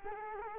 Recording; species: mosquito wingbeat signal from an infrared sensor; Culex quinquefasciatus